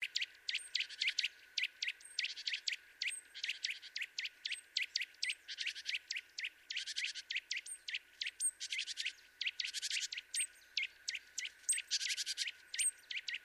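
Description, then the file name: Eurasian nuthatch calls: sharp, high, clipped notes repeated rapidly in irregular bursts, several per second, with brief pauses between runs. "Sitta europaea"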